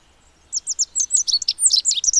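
Rock bunting singing a rapid run of high, tinny, slurred notes, each note clipped and bright, over a quiet background.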